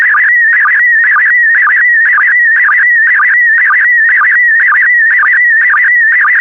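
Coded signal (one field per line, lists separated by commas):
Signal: SSTV (slow-scan television)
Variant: PD120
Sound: warbling, chirping tone around 2 kHz with a short low blip about twice a second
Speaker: the next image transmission will start in 10 seconds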